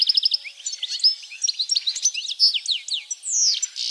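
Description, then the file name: European goldfinch song, quick repeated chirps opening into a tumbling mix of slurred whistles and twitters, ending with a descending slur and a buzzy note. "Carduelis carduelis"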